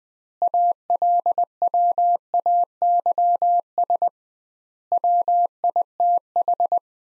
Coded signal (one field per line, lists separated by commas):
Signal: Morse code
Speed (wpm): 20 wpm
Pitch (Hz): 700 Hz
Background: none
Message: ALWAYS WITH